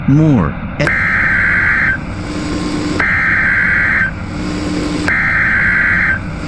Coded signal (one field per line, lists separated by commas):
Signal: Emergency Alert System (SAME) tones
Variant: header bursts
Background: speech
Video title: NOAA Weather Radio - EAS Random Scenario